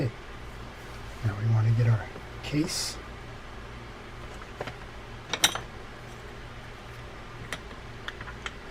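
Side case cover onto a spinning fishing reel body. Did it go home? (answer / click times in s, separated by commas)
yes / 5.3 s, 5.4 s, 5.6 s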